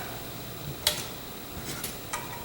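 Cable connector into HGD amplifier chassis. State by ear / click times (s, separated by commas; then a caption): seated / 0.9 s. A tabbed cable connector is aligned and pushed into an HGD amplifier chassis module, giving a sharp snap at 0.9 s followed by fainter ticks around 1.7–1.8 s and a smaller click at 2.1 s. The connector is seated all the way in, nice and tight, so it will not vibrate loose over time.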